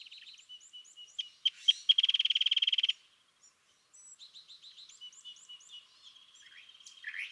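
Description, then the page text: California thrasher song: soft chips, then loud clicks and a fast rattling trill, followed after a short silence by a run of quieter varied whistled and chattering notes. Excerpt from a longer dawn song session on March 9, 2017, at Montaña de Oro State Park, Los Osos, California; the bird repeats a theme of notes it chose that morning. "California thrasher Song, excerpted from a longer dawn session on day 1. listen for the repeated theme of notes that the thrasher has chosen to use this morning. March 9, 2017. Los Osos, California"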